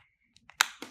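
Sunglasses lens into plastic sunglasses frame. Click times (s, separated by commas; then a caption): 0.6 s. A replacement lens for Oakley Fives 3.0 sunglasses is slid into the plastic frame from the ear side, then pushed with two fingers and the thumb until it snaps into the frame groove. Faint ticks at 0.4 and 0.5 seconds lead to a loud, sharp pop at 0.6 seconds with a bright decaying tail, followed by a softer click at 0.8 seconds. The lens is seated in the frame.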